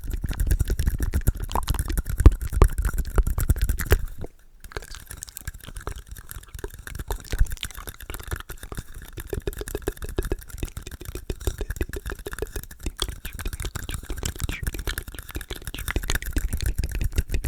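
Rapid whispering mixed with wet mouth sounds, a dense stream of tiny clicks and smacks. It is louder and fuller for the first four seconds, breaks off into a brief silence, then continues more softly and evenly, building slightly toward the end.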